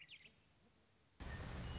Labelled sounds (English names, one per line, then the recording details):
Western Meadowlark
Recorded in Sonoma County, California